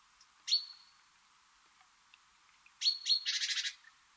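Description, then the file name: Great tit: a single thin, high drawn-out note, a pause, then two sharp high notes followed by a loud, rattling churr of rapid pulses. "Parus major"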